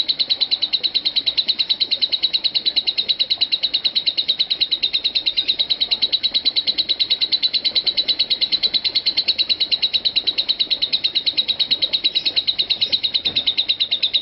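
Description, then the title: Lovebird pouring out a long, even stream of fast, piercing high chirps, evenly spaced and unbroken for the whole stretch. "Lovebird Konslet"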